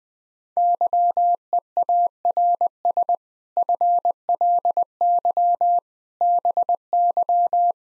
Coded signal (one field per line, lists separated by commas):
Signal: Morse code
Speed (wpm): 20 wpm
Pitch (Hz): 700 Hz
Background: none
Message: YEARS FLY BY